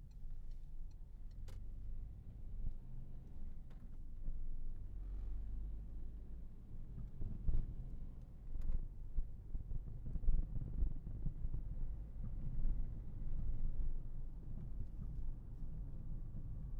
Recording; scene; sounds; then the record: everyday scene through a hearing-aid microphone; in a vehicle; engine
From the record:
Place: Berlingo II, diesel engine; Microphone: behind the ear, left, front